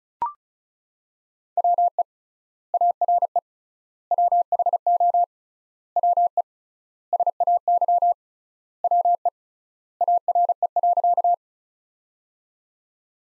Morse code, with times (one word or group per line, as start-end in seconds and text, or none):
1.6-2.0 WE
2.7-3.4 ARE
4.1-5.2 WHO
6.0-6.4 WE
7.1-8.1 SAY
8.8-9.3 WE
10.0-11.3 ARE.